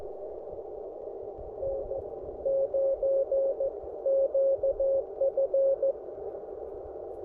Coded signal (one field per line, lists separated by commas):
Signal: Morse code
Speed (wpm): 14 wpm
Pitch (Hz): 540 Hz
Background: none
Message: N9 QF